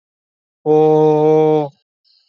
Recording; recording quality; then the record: sustained vowel as in boot; excellent, no background noise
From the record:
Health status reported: healthy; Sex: male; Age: 19 years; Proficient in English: yes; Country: India